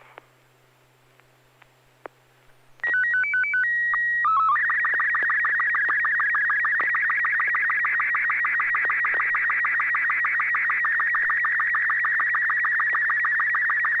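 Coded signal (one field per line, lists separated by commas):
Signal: SSTV (slow-scan television)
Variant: Robot 36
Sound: brief silence, stepped header beeps, then continuous warbling tone with rapid regular ticks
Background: low steady hum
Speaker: all right this will be a quickie a robot 36. next wow anders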